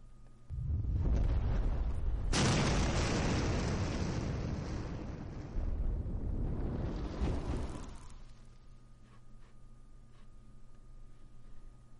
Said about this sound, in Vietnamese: Tình huống là thế nào vậy? Tại sao kiếm trận lại đột nhiên nổ tung?